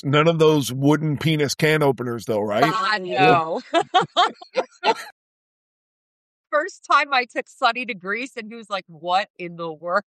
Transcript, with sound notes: None of those wooden penis can openers though, right?
God no (laughing) the first time I took Sonny to Greece, he was like, what in the world?